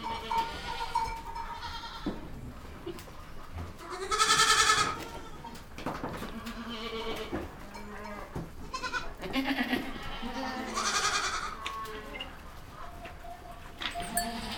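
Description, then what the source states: Goats give trembling bleats, an especially loud one near four seconds, with softer calls, knocks and rustling between. Goats recorded in a goat stable.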